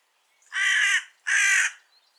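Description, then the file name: Carrion crow giving two harsh, hoarse caws about a second apart, each lasting roughly half a second, with quiet in between. "Corvus corone"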